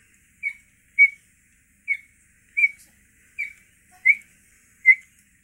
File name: gepard pishit